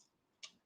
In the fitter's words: and then locks in as well pretty cool